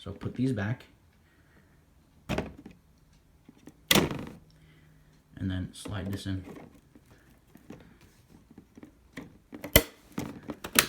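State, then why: Seated. Someone talks while a DDR3 RAM module is slid into a motherboard DIMM slot, with sharp knocks around 2.3 s and 3.9 s. The module is pressed down and the retention clips snap shut with crisp clicks at 9.8 s and 10.8 s, and the RAM is seated.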